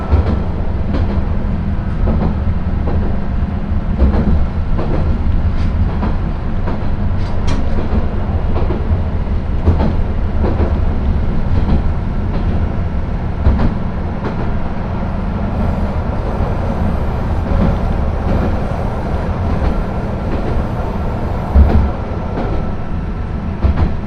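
A ride on the Akechi Railway from Akechi toward Ena: a steady, heavy low rumble of the railcar runs throughout. Sharp clicks and knocks from the wheels and rails come irregularly, and a faint high whine appears in the last ten seconds.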